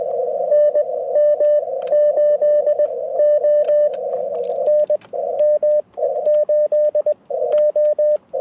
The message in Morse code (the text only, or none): NM8O NM8O